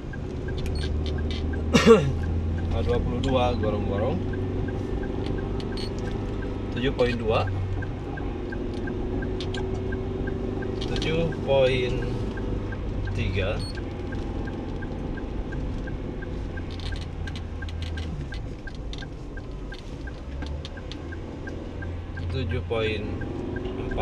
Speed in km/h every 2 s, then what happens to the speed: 42, 43, 46, 47, 45, 45, 42, 37, 35, 35, 34, 38.
0-6 steady at about 43. 6-16 slows to 35. 16-24 steady at about 35.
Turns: 11-24.